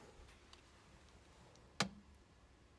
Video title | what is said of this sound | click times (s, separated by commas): JE MET DU CARBONE PARTOUT ! (Bon c'est du covering mais bon) | Ça s'emboîte d'un seul coup et hop. C'est nickel. | 1.8 s